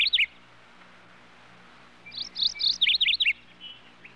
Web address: birds various general ambience outdoors animal country